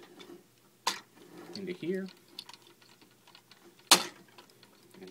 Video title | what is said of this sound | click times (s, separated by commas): Dark of the Moon Ultimate OPTIMUS PRIME | you should lock into place | 3.9 s